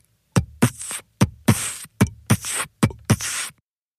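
Simulated heart sounds with a systolic pulmonic flow murmur, similar to an aortic flow murmur. It is caused by high blood flow past the pulmonic valve from increased right heart volume in atrial septal defect. It occurs only with a very large ASD.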